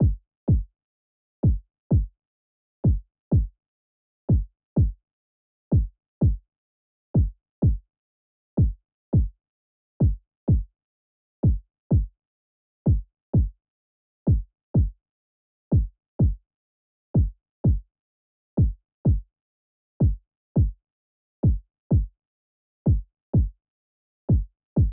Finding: Heartbeat.